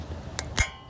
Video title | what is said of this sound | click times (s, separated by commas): Front Brake Job on Ford E 250 (Dangerous!) | push down until you hear it snap in. | 0.4 s, 0.6 s